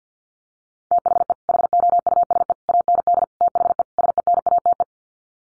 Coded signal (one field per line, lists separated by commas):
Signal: Morse code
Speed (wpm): 50 wpm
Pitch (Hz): 700 Hz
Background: none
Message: THE HOUSE AND THE SENATE